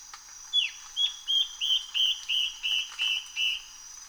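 Yellow-browed antbird calling a series of about nine whistled notes, the first sliding down, then evenly spaced notes roughly three per second, with a constant high-pitched drone behind.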